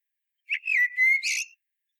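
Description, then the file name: Common blackbird song phrase: one sustained, slightly rising fluty whistle ending in a quick, scratchy high twitter, with silence around it. "Turdus merula"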